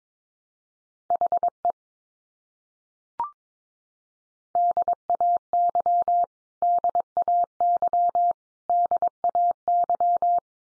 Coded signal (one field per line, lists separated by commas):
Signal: Morse code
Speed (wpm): 22 wpm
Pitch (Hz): 700 Hz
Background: none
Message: HE DAY DAY DAY